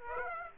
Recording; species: mosquito wingbeat signal from an infrared sensor; Aedes aegypti